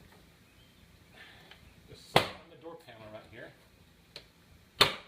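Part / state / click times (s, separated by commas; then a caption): plastic trim panel clips in car door / released / 4.2 s, 4.8 s. Someone talks while working the door trim panel off a 2015-2016 Subaru WRX door for a door speaker upgrade. Two sharp snaps are heard at 4.2 s and 4.8 s as the panel's remaining plastic clips pop free of the door, releasing the panel.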